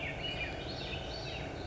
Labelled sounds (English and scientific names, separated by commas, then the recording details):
Swainson's Thrush (Catharus ustulatus)
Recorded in Sonoma County, California